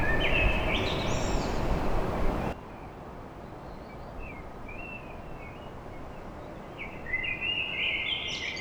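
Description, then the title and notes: Common blackbird song, a loud fluty phrase with a high squeaky ending at the start, then quieter warbled notes and a final rising phrase, over low background noise. Recorded at dawn in Paris. "Blackbird Poetry At Paris On. Enregistrement d'un chant de merle à l'aube dans Paris"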